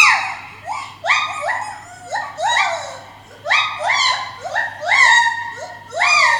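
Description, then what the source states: White-handed gibbon song: quick series of climbing, swooping hoots in repeated bursts, bright and tonal throughout. Captive pair at Maruyama Zoo, filmed on video long ago; probably mainly male Kotaro singing, female Racha's opening call not captured; pair duet for communication, carrying 2–3 km; sounds like a dog howling.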